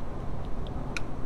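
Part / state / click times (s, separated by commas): wiring harness connector into radiator fan connector / seated / 1.0 s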